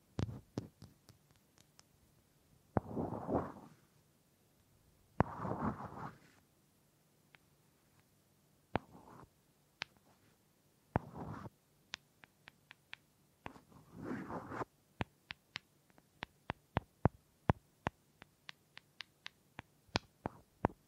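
Wood triggers: sharp, dry wooden taps and clicks land at an irregular pace, thickening into quick runs after fifteen seconds. Several soft rubbing or scraping bursts of about a second each come near 3, 5.5, 11 and 14 seconds, over a faint low hum.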